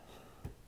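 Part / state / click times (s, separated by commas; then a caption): handheld game console into its charging dock (USB-C connector) / not seated / none. A Nintendo Switch (Neon) handheld game console is lowered into its plastic charging dock, where it mates with a USB-C connector, sliding in without a click, since a USB-C connector does not click. Against a quiet background, only a soft, dull low bump is heard at about 0.45 s, and nothing has clicked. The console is probably fully docked, so this is a silent insertion rather than a true failure.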